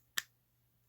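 A charger plug is slid into the charging port under a rubber flap on an E-Collar Technologies Mini Educator dog training remote. A single sharp click at 0.2 s fades quickly to near silence over a low steady hum, as the plug seats fully so the remote will actually charge.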